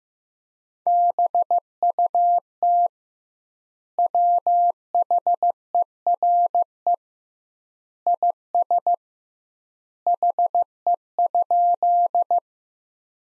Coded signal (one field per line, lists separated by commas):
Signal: Morse code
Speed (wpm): 15 wpm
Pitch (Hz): 700 Hz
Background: none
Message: BUT WHERE IS HE?